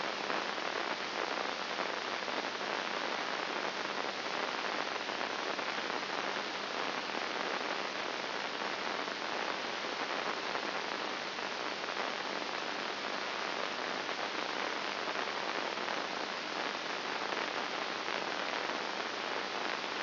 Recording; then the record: brain microelectrode recording played as sound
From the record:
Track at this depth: inside the subthalamic nucleus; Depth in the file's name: 2.101 mm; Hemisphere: right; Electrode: 2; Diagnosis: Parkinson's disease